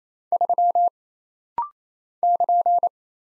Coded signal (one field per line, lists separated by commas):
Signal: Morse code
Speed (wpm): 27 wpm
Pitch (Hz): 700 Hz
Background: none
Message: 3 <KN>